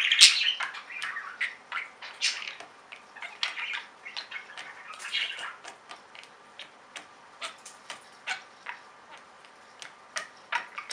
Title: Budgie Sounds